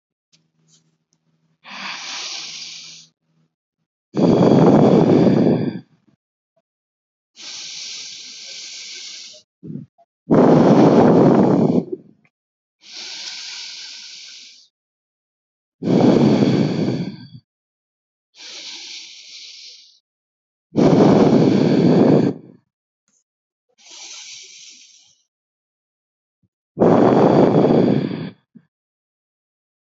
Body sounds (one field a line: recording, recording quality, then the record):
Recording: deep breathing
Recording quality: moderate, slight background noise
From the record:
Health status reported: healthy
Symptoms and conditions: none ticked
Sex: female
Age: 28 years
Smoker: not ticked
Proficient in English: yes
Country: India